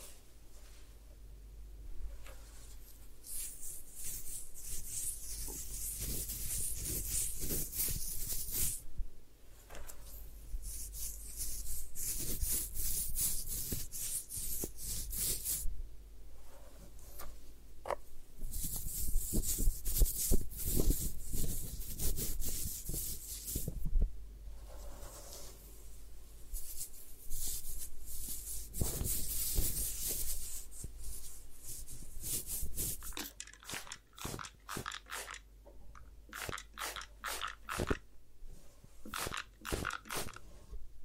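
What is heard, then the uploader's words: Head spa hair washing with dense, bright rubbing and scrubbing sounds in long stretches, pausing briefly, then quick sharp clicking taps near the end. Head Spa Hair Wash, Massage, Ear Cleaning.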